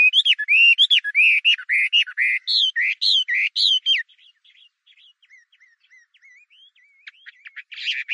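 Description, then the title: Chinese hwamei delivering fast, looping whistled phrases for about four seconds, then soft scattered whistles and a brief harsh burst at the end. "画眉鸟的叫声"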